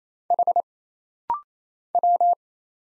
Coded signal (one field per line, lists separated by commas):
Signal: Morse code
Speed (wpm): 27 wpm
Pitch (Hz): 700 Hz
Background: none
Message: H W